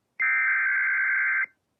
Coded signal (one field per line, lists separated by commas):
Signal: Emergency Alert System (SAME) tones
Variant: header bursts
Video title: EAS Severe T’storm Warning #7 3/15/25 (Credit Goes To @SouthernPennsylvaniaWX & @KanawhaCountyWX)